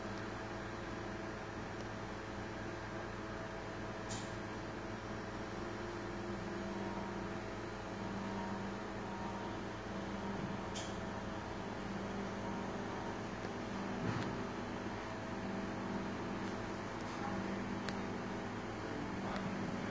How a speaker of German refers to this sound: Ich dachte gerade, da wäre ein Auto im Hof.